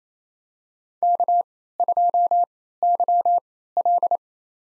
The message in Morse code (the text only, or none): K2YL